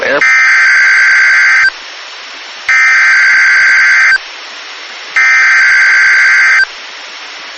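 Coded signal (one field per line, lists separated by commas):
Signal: Emergency Alert System (SAME) tones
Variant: header bursts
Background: speech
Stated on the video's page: Severe thunderstorm warning SAME tones received from an online NOAA Weather Radio stream.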